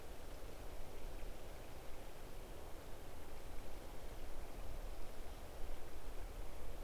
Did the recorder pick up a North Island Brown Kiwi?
no